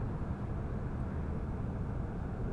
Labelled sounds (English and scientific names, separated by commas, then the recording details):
Song Thrush (Turdus philomelos)
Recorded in Germany
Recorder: ecoPi